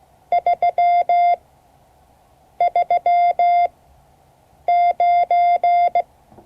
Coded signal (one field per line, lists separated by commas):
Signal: Morse code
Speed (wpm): 16 wpm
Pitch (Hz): 700 Hz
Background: none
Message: 339